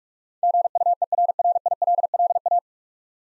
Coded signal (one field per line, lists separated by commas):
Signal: Morse code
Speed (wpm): 44 wpm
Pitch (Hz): 700 Hz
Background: none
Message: GUERRILLA